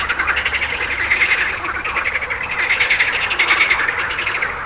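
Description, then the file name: Frogs trilling together, with rapid pulsed notes overlapping and several brief clearer chirps standing out. "grenouilles"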